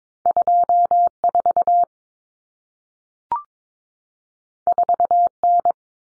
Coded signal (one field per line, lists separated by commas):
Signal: Morse code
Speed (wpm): 22 wpm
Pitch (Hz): 700 Hz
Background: none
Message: 24 4N